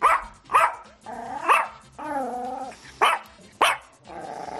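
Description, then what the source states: Yorkshire Terrier barking: sharp, high yaps at irregular intervals, broken by a drawn-out whiny growl in the middle. Barking; breed described as always in a bad mood, with a difficult temperament.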